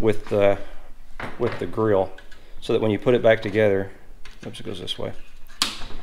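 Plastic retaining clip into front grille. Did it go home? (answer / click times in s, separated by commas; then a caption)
yes / 5.6 s. A small plastic retaining clip from the removed front grille of a 3rd-generation Toyota 4Runner is pushed into its hole on the grille while someone talks and shows which way it goes. The clip snaps into place with a single sharp, loud hit at 5.6 s, seating it in the grille.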